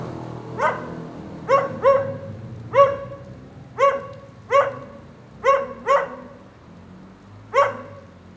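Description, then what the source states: Dog barking repeatedly, short sharp barks singly and in pairs, with rain pattering steadily underneath. Lone dog in the rain during a thunderstorm at 9a. Avenida 414, Quezaltenango, Guatemala.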